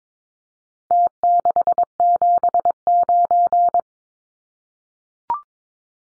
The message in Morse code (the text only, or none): T679